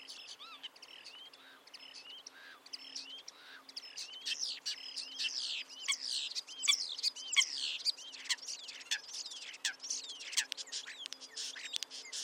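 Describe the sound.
Bird calls, at first sparse, high and slurred, then swelling into a busy chorus of overlapping chirps and sweeping notes from several birds.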